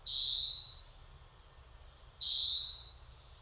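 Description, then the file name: European greenfinch giving two long nasal wheezes, each drawn out, separated by a pause of over a second. "Chloris chloris"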